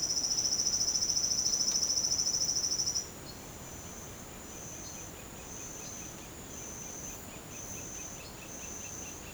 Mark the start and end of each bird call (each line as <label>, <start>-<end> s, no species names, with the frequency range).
bird call (1.8-3.2 kHz), 6.48-9.34 s